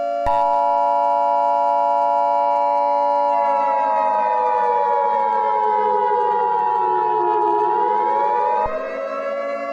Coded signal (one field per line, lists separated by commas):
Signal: Emergency Alert System (SAME) tones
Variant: 853 and 960 Hz attention tone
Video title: EAS Scenario: Asteroid Impact